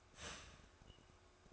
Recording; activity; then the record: daily activity, microphone in the room; start toaster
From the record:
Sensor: 2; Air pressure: 1004.1 hPa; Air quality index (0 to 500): 193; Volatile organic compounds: 11 ppm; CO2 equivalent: 2313 ppm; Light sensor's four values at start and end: 4/10/4/4 and 4/10/4/4